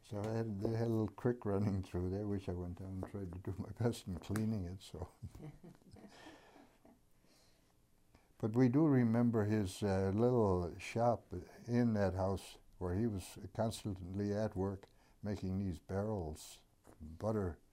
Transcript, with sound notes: So they had a little creek running through there, which I went down and tried to do my best in cleaning it. [Chuckles] [laughs] But we do remember his little shop in that house where he was constantly at work making these barrels, butter,